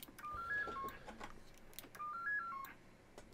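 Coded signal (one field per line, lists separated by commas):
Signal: roger beep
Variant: 7-tone roger beep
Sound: two quick melodic tone sequences of stepping beeps, separated by clicks and handling noise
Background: room noise, clicks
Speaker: cuz there was just no supply to the um 4017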